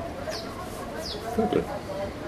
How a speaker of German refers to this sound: Vögel.